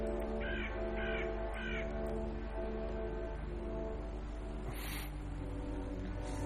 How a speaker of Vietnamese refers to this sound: Đâu biết rằng từ đằng sau ngôi nhà kia vang lên một tiếng quạ kêu lạnh lót.